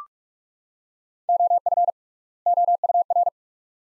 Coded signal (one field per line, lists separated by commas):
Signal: Morse code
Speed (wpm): 46 wpm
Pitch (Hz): 700 Hz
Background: none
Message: OF OUR